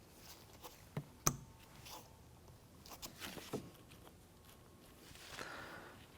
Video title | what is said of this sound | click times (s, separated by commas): How to Replace Side View Mirror 2011-2016 Hyundai Elantra | push in so you hear a click | 1.3 s